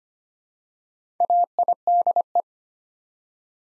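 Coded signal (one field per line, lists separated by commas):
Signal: Morse code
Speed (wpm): 25 wpm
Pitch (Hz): 700 Hz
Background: none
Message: AIDE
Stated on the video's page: Morse code practice set building 4-letter words one letter at a time at 25 wpm, for beginners moving to instant character recognition.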